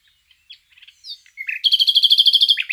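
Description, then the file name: Common nightingale song: scattered soft chips and a slurred note, then a loud rapid rattling trill of evenly repeated notes over the last second. "Luscinia megarhynchos"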